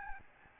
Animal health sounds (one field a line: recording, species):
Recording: mosquito wingbeat signal from an infrared sensor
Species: Aedes albopictus